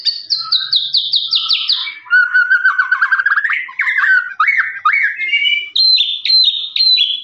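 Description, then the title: Lovebird song, a long chattering trill of rapid descending chirps sliding between high and mid pitch, then clipped rising notes repeated without pause. Long "ngekek" trilling song used as master recording for training birds. "FULL DURASI MASTERAN LOVEBIRD NGEKEK PANJANG"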